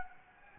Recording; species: mosquito wingbeat signal from an infrared sensor; Anopheles gambiae